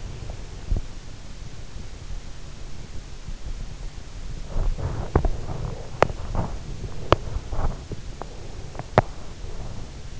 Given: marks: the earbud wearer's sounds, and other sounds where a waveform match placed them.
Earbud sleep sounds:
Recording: sounds in sleep by an in-ear microphone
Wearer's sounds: body movement, teeth grinding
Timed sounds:
0.00-1.17 s: body movement
4.26-10.20 s: body movement
5.10-5.33 s: teeth grinding
5.91-6.17 s: teeth grinding
7.02-7.28 s: teeth grinding
8.90-9.13 s: teeth grinding

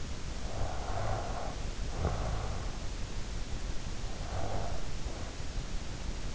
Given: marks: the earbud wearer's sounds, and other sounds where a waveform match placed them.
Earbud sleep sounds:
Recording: sounds in sleep by an in-ear microphone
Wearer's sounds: snoring breath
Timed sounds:
0.42-2.88 s: snoring breath
4.20-4.88 s: snoring breath

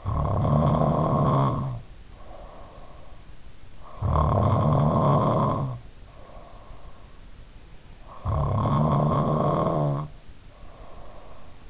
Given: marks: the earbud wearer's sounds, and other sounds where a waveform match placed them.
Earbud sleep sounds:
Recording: sounds in sleep by an in-ear microphone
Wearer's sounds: snoring breath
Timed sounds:
0.00-3.02 s: snoring breath
3.88-7.02 s: snoring breath
8.22-11.70 s: snoring breath

